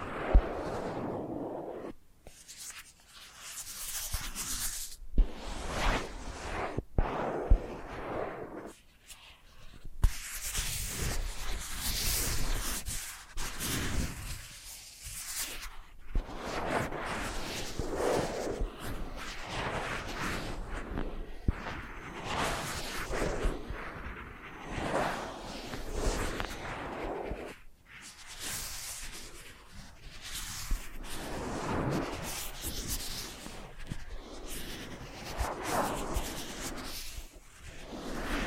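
Soft bristly brushing strokes sweep across a face in irregular bursts of scratchy rustle, with brief silent pauses near 2, 5, 10 and 28 seconds.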